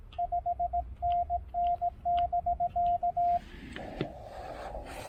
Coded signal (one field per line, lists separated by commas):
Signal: Morse code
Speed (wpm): 17 wpm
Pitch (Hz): 700 Hz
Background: radio noise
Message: 5NN<BK>